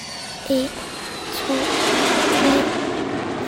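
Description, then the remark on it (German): Airplane engines start up, a broad rushing roar that swells and holds steady, while three short, low electronic tones sound about a second apart over it. “Als die Motoren starten, denke ich wie immer an den Tod.”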